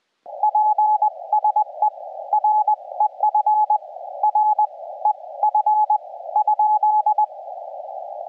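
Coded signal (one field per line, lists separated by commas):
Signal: Morse code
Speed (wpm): 20 wpm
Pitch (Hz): 850 Hz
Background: radio noise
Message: PSE REF REF ?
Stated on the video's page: CW POTA park activation with an FT-891 and linked dipole, working a North America DX pile-up, with fading.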